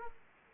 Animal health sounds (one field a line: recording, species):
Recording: mosquito wingbeat signal from an infrared sensor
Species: Aedes aegypti